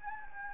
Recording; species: mosquito wingbeat signal from an infrared sensor; Anopheles gambiae